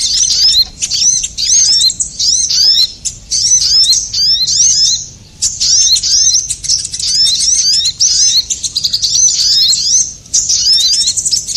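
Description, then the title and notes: Bird chatter of high, sharp chirps and twittering notes in fast bursts, overlapping and nearly continuous, with brief lulls between phrases. Compilation of bird sounds used as a lure to attract stubborn birds that are hard to approach. "Suara Burung Bandel Yang Susah Mendekati. Kompilasi Suara Pikat Burung"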